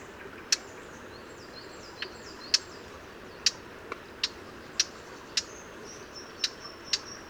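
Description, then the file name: Eurasian blackcap repeating hard, clicking tac notes at irregular intervals, with faint high twittering and a thin whine behind. "Sylvia atricapilla"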